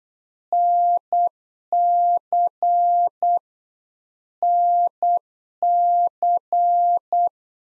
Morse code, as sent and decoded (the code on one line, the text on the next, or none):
-. -.-. / -. -.-.
NC NC